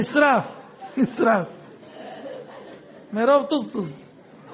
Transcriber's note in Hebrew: הקהל צוחק